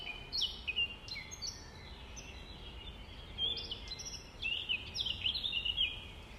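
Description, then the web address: Nightingale giving scattered high chirps, then a dense, bright, rapid trill near the end, against a faint continuous hiss. 5 May 2020, about 05:32. "2020 05 06 nightingales. 20200505-053220"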